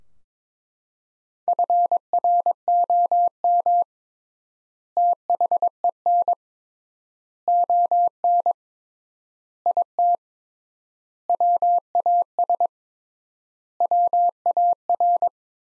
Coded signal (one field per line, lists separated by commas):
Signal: Morse code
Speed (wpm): 22 wpm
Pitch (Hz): 700 Hz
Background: none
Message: FROM THEN ON IT WAS WAR